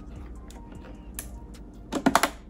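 A second DDR4 RAM module is pushed down into a motherboard memory slot, with sharp clicks at 1.2, 2.1 and 2.2 seconds as the clips snap shut on both sides. The loudest snaps come at the end, over a quiet, steady background, and the module is seated and installed.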